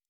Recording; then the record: hydrophone in a shrimp aquaculture tank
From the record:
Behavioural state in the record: normal